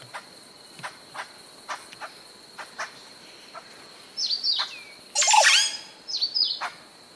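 Montezuma oropendola song: a sudden loud liquid gurgling burst late after scattered clicks, over a steady high insect drone and other faint bird notes.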